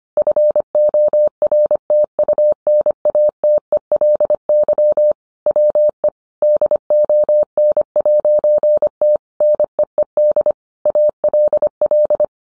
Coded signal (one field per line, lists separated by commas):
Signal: Morse code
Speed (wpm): 25 wpm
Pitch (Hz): 600 Hz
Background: none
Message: FORTUNATELY WE DON'T NEED ALL